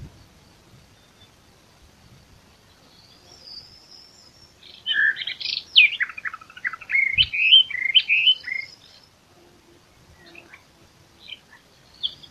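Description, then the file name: Eastern Orphean Warbler song: a rich, fast warbled phrase of varied chirping notes lasting about four seconds, rising and falling, in otherwise quiet surroundings. "sylvia crassirostris song"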